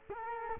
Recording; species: mosquito wingbeat signal from an infrared sensor; Culex quinquefasciatus